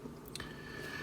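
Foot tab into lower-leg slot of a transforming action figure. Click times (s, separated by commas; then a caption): 0.4 s. The plastic tab on the side of the foot of a Transformers Studio Series Deluxe Soundwave action figure is pushed into a small slot in the lower leg. Faint handling noise gives way to a cluster of small, sharp plastic ticks, with the clearest click at 0.4 s. The tab seats and locks the whole lower leg together.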